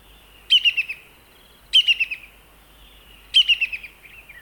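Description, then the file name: Brown-hooded kingfisher calling: three shrill phrases, each a rapid run of four or five piping notes fading in strength, spaced roughly a second and a half apart. "Brown-hooded Kingfisher (Halcyon albiventris)"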